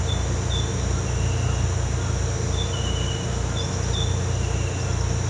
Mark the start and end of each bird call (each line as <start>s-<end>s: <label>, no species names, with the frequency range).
3.57s-4.02s: bird call (4.6-6.2 kHz)